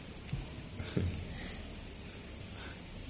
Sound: laughs

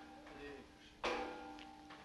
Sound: clanging noise

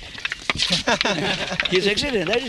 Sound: laughter

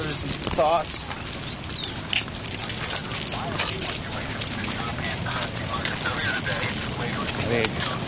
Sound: someone passes with a portable radio transmitting a news broadcast

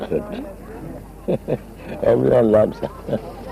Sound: chuckling

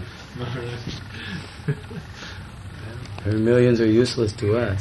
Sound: laughs

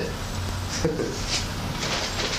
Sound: laughs

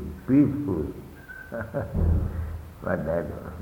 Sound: chuckles

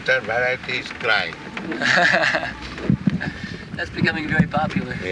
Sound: laughs

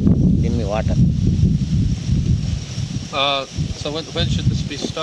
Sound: wind blowing microphone

